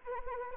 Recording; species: mosquito wingbeat signal from an infrared sensor; Anopheles arabiensis